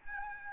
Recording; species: mosquito wingbeat signal from an infrared sensor; Aedes albopictus